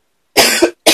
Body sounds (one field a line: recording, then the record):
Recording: coughing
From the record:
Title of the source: 55 gaggy wet cough